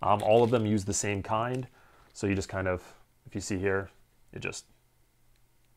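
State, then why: Not seated. Someone talks while offering a magnetic charging cable's connector to the charging contacts of an OpenComm UC bone conduction headset, holding it the wrong way round. A faint tick near 5.4 s is only contact, and nothing has clicked or locked in place yet.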